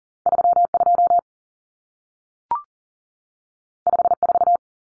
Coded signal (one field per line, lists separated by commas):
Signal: Morse code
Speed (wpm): 40 wpm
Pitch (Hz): 700 Hz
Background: none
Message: 32 54